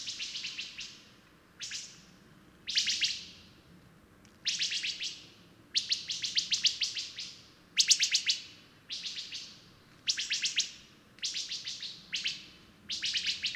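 Bird song: a steady run of bright, rattling chirp bursts, each fast and trailing off, given every second or so with brief gaps, low hum underneath.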